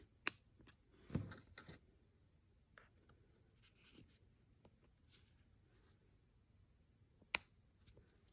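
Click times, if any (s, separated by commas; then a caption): 0.3 s, 7.3 s. Metal binder rings are slid through a scrapbook and snapped shut, giving sharp metallic clicks at 0.3 s and 7.4 s, with soft handling rustles around 1.1–1.7 s in between. Each ring closes and seats.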